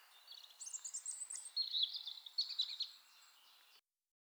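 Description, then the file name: European robin song, a single sweet warbling phrase of very high trills dropping to lower clear whistles, lasting about two and a half seconds. "Erithacus rubecula"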